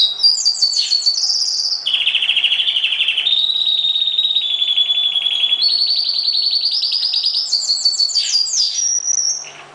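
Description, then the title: Oriental magpie-robin song, a continuous run of rapid, chattering trills shifting between high and mid pitches, with sweeping whistled notes near the end. "Kicau Kacer Durasi Panjang 1jam Lebih"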